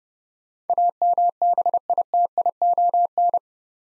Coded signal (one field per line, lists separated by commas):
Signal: Morse code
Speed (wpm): 28 wpm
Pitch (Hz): 700 Hz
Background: none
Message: AMBITION